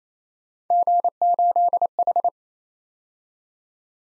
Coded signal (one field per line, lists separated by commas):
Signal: Morse code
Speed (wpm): 31 wpm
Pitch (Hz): 700 Hz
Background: none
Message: G8H